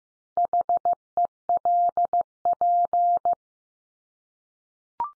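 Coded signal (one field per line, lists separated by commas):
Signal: Morse code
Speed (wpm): 15 wpm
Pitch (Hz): 700 Hz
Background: none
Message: HELP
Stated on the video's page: Computer-generated Morse head-copy drill of the 500 most common English words at 15 wpm, each word sent three times, then spoken, then sent again.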